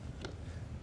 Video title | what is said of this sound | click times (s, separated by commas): Buzzaround CarryOn HD - Unboxing and Assembly - Heavy Duty Travel Folding Scooter | We are going to lift this up until it clicks. Just like that. So, that's locked in place. | 0.2 s